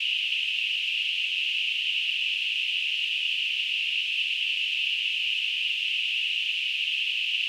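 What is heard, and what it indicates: A steady, unbroken high-pitched hiss, like a narrow band of rushing noise, holds at constant loudness throughout with no pulsing. It is a simulated tinnitus sound, imitating the constant ringing or hissing perceived in the ears.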